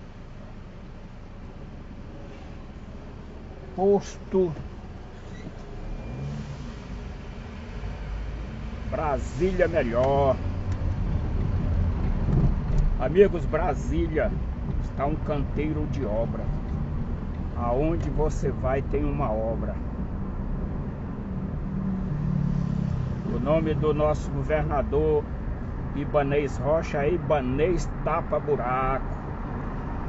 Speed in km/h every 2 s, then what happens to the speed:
0, 0, 6, 12, 19, 23, 23, 28, 32, 37, 38, 37, 37, 39, 38.
0-3 standing. 3-9 pulls away to 23. 12-18 speeds up to 37. 18-30 steady at about 37.